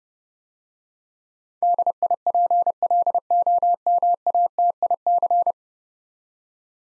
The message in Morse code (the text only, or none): DIPLOMATIC